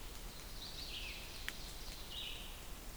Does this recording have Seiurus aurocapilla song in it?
yes